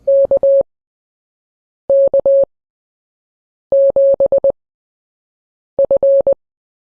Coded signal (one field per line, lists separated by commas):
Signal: Morse code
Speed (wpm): 20 wpm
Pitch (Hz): 550 Hz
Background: none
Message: KK7F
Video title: CW PROSIGNS